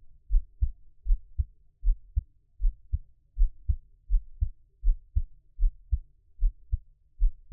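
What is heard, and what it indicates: Steady paired lub-dub thumps at about 78 beats a minute against a quiet background, with no talking; an ordinary adult heartbeat.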